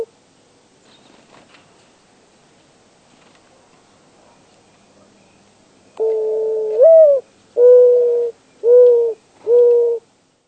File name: Mourning Dove